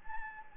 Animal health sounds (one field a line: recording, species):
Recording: mosquito wingbeat signal from an infrared sensor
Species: Anopheles gambiae